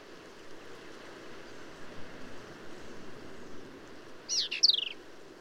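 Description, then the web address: Black-capped vireo song: one quick harsh phrase of high sweeping notes near the end, ending in a stuttered run, after several seconds of steady background noise. "birdsongforthecurious Black-capped Vireo"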